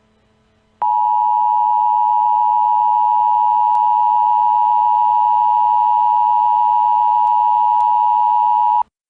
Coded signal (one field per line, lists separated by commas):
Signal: Emergency Alert System (SAME) tones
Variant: 853 and 960 Hz attention tone